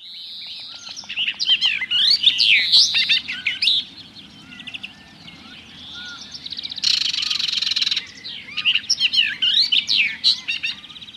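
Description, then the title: Barred warbler song: a fast, chattering warble of scratchy and sweet notes, with a buzzy rattle burst in the middle, over steady low background hum. "Viikon luontoääni: Kirjokerttu"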